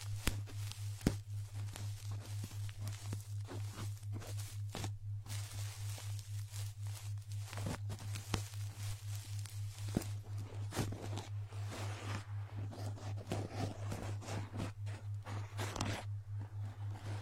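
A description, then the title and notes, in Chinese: Scratching and scraping of ear digging, with frequent sharp clicks and crackles over a steady low hum throughout, busier toward the end. 姐姐抠耳朵催眠6（声控助眠）。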